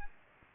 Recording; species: mosquito wingbeat signal from an infrared sensor; Aedes aegypti